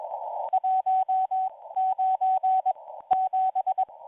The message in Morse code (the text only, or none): 197